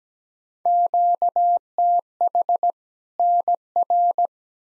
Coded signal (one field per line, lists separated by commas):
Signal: Morse code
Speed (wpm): 17 wpm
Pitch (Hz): 700 Hz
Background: none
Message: QTH NR